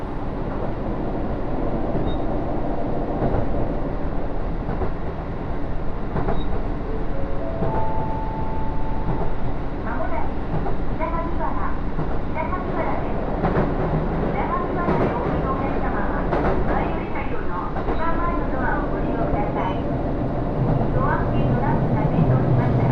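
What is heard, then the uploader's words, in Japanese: A local train on the Takayama Main Line rumbles steadily throughout, with scattered voices and a brief high tone around eight seconds. 高山本線普通 上呂→下油井。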